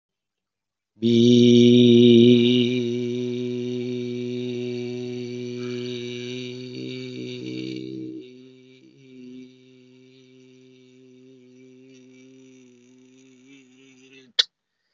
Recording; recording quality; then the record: sustained vowel as in beet; excellent, no background noise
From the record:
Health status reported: COVID-19 positive, mild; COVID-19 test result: positive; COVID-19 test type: RT-PCR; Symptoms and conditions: cough, cold, fever, fatigue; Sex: male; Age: 47 years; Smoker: no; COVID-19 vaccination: both doses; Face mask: worn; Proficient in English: yes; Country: India